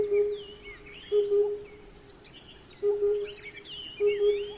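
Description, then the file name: Oriental cuckoo calling: a few bursts of low, hollow hooting notes, each burst doubled, with other birds chirping higher in the background. "tsutsudori"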